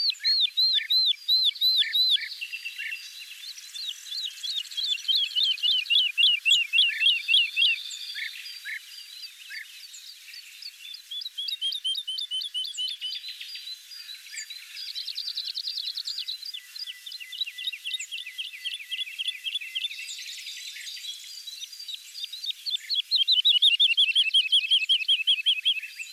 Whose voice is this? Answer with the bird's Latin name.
Lullula arborea